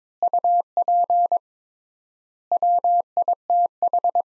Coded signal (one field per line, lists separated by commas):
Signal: Morse code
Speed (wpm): 23 wpm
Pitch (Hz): 700 Hz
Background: none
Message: UP WITH